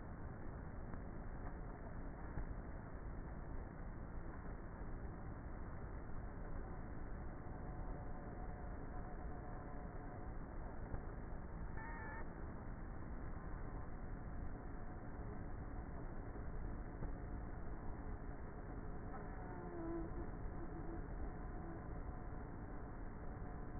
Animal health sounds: honeybee colony, microphone inside the hive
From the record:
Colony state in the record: queenless with a low population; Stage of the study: before two queens were removed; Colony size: about 30,000 bees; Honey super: no

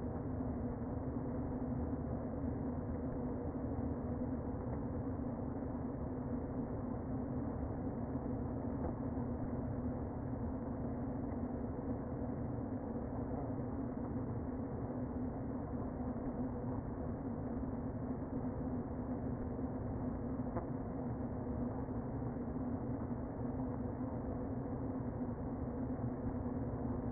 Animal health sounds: honeybee colony, microphone inside the hive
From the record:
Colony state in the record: queen present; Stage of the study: before two queens were removed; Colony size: about 60,000 bees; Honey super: yes

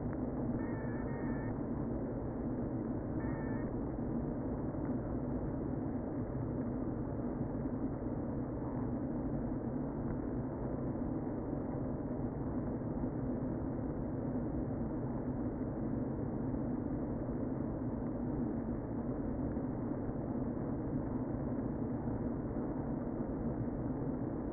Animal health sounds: honeybee colony, microphone inside the hive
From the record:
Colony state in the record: queen present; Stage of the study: before two queens were removed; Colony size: about 60,000 bees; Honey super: yes

